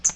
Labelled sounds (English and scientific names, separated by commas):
Hooded Warbler (Setophaga citrina) flight call